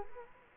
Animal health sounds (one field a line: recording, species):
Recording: mosquito wingbeat signal from an infrared sensor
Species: Culex quinquefasciatus